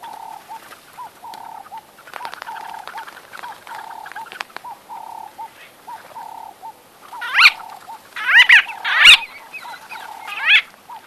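White-fronted bee-eater calls: loud rolling, buzzy bursts near the end, after a steady series of soft, lower repeated notes and faint clicks.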